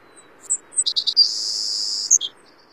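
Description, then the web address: Savannah sparrow song: a few high thin chips, then a long sustained buzzy trill, ending in a short sharp note and a lower chip. "Songs of Birds of North America Stokes. Savannah Sparrow"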